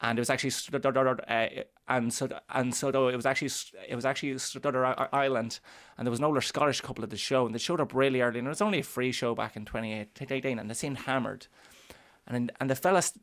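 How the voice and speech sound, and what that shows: Adult man speaking with stuttering: repeated phrases and sound repetitions, such as 'it was actually' said three times, with part-word repetitions and hesitations before 'Ireland', then more fluent speech. His stammer began at age 4, varies from day to day, and is worse when he is tired.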